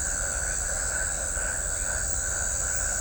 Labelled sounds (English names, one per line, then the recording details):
none
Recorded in shrubland near Pivijay, Magdalena, Colombia, on 5 June 2023 at 21:30
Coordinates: 10.453, -74.365
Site P5-G022